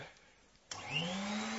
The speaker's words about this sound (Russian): А может, пойдешь в другую комнату, пока я тут буду пылесосить, а?